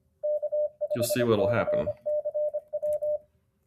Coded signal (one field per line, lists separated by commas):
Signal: Morse code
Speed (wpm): 26 wpm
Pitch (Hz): 600 Hz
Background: speech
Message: K5CCW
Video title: Brand New CW Trainer, Morse Runner/Ruffz Emulator